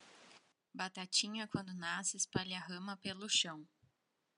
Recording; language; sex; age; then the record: short text; Brazilian Portuguese; female; 20 to 29 years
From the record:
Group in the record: control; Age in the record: 25 years